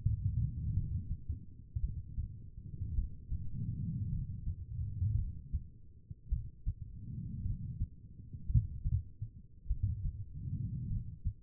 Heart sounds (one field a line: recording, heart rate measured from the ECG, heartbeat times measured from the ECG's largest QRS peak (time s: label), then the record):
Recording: heart sounds by stethoscope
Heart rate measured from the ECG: 53 bpm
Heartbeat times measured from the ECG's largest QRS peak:
0.73 s: heartbeat
1.80 s: heartbeat
2.95 s: heartbeat
4.10 s: heartbeat
5.15 s: heartbeat
6.29 s: heartbeat
7.42 s: heartbeat
8.46 s: heartbeat
9.67 s: heartbeat
10.88 s: heartbeat
From the record:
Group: healthy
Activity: cold pressor test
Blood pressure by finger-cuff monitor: 105/71 mmHg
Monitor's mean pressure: 82 mmHg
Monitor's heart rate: 53 bpm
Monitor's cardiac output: 4.2 L/min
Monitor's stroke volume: 75 mL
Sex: female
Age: 36 years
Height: 163 cm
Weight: 88 kg